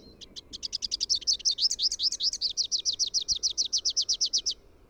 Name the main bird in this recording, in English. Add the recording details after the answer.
Rufous-capped Warbler. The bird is a male. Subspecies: rufifrons. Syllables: 37. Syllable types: 8. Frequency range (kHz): 2.8-6.6 kHz. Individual YA-GYS-M